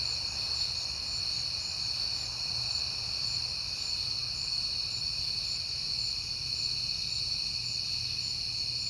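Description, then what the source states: Steady chorus of crickets, a shrill continuous trill at several overlapping pitches, with a gentle low rumble throughout. Crickets at night in September, on a peaceful night.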